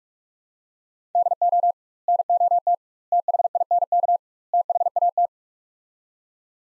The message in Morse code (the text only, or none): DO NOT THINK THAT